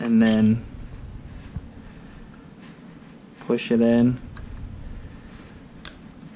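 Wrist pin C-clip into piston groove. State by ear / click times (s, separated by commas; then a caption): seated / 5.9 s. Someone talks while a wrist pin C-clip, held on needle nose pliers, is pushed and turned into the groove inside the piston wrist pin bore of an 80cc motorized bicycle engine top end. A sharp snap is heard at 5.9 s as the clip seats in the groove.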